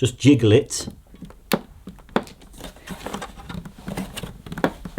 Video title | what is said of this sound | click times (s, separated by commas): Sebo Automatic XP10 Vacuum Cleaner Unboxing & Demonstration | it's not clicking let's stand up | none